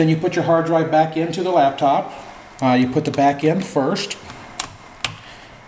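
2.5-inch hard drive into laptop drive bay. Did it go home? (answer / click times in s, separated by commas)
yes / 4.6 s, 5.1 s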